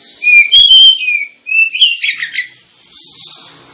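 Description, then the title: Oriental magpie-robin: clear whistled notes sliding up and down, then a scratchy flourish, fading into faint chirping. Lure recording (pancingan) of a kacer, played to provoke other kacer birds into singing and fighting; described as persistent, full 'tembakan' song. "KACER NGOTOT FULL TEMBAKAN. Kacer dimana SAJA Bakalan NGEPLONG GACOR dengan Pancingan Kacer ini"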